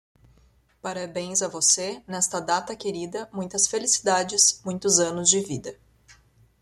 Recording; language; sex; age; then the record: short text; Brazilian Portuguese; female; 30 to 39 years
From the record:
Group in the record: control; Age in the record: 31 years